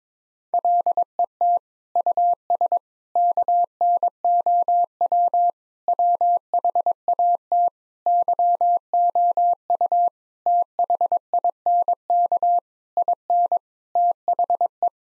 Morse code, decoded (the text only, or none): LET US KNOW WHAT YOU THINK IN THE